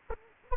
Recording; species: mosquito wingbeat signal from an infrared sensor; Anopheles arabiensis